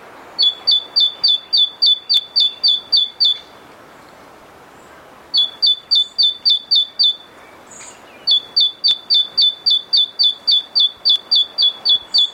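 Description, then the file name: Great tit song: three bursts of quick, regular two-note phrases, high then lower, separated by short pauses, with steady background hiss. "Parus major"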